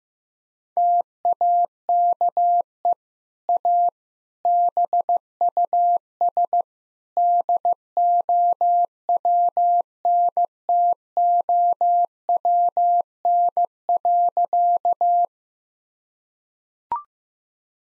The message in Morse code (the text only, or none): TAKE A BUS DOWNTOWN.